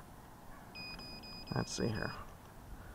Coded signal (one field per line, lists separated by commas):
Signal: none